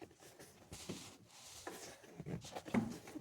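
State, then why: Not seated. A plastic electrical sensor connector is pushed back onto its sensor at the back of the 3.2L engine of a Land Rover LR2/Freelander 2 during a belt, tensioner and idler change. Soft handling and rustling are heard, with brief bumps at about 1.7 and 2.8 seconds. The connector does not click into place, but it is held and does not pull out.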